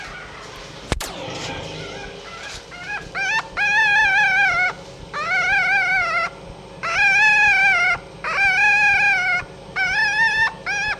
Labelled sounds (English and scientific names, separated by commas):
Red Fox (Vulpes vulpes)